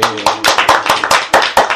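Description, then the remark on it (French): A short burst of audience applause, with brisk, uneven claps overlapping at a quick steady pace, fairly loud throughout, and faint voices murmuring underneath. “Bon, applaudissons pour elle parce qu'elle a compris alors.”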